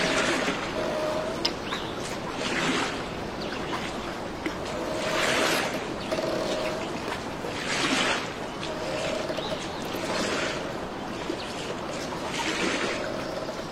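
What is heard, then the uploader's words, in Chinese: A real outdoor nature ambience: a dense, steady rush of noise with soft swells brightening roughly every two to three seconds, like gusts or breaking water. Faint low bird calls, possibly a dove, sit in the background. 真实录制的大自然白噪音氛围。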